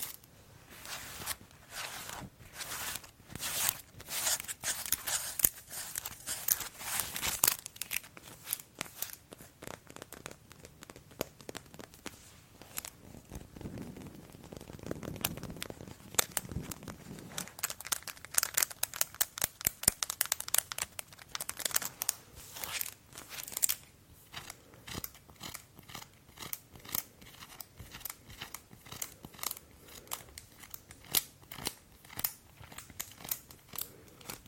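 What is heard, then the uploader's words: Long nails scratch across skin in quick, dense strokes, producing a crisp, bright rasping that comes in rapid bursts throughout. Around fifteen seconds the scratching softens into a duller, lower rubbing before the sharp, fast strokes return, growing choppier and more rhythmic toward the end. ASMR Skin Scratching with EXTREME LONG NAILS.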